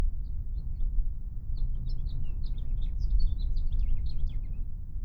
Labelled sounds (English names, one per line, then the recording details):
House Finch song
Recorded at Atlantic Beach West on Long Island, New York, on 2 June 1975
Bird C